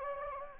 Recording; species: mosquito wingbeat signal from an infrared sensor; Anopheles gambiae